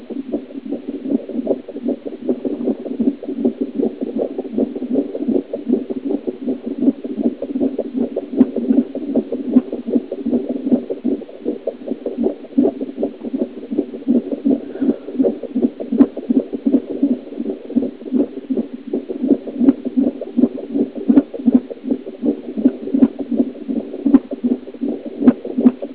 Heartbeat.